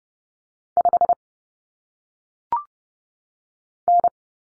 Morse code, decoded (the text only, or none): 5N